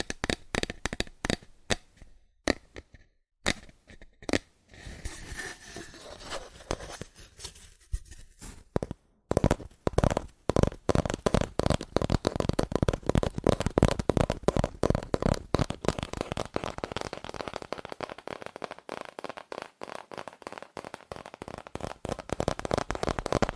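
Fast, aggressive tapping on cardboard in dense bursts of sharp, dry knocks. The first few seconds are sparser with brief gaps, and from about nine seconds the taps come in a rapid, nearly continuous rattle that stays loud through the end.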